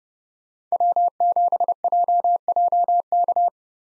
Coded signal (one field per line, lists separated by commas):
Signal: Morse code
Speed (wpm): 35 wpm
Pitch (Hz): 700 Hz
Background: none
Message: W7JJK